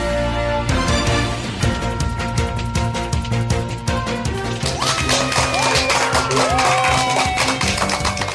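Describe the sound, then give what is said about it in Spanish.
Loud, dense applause from a crowd, continuous claps with cheering throughout; in the second half, gliding whistle-like whoops rise above the clapping, with a steady tonal backing underneath. “Con esa energía positiva y esos aplausos damos inicio a este episodio número 311 del programa del podcast Te Invito a un Café.”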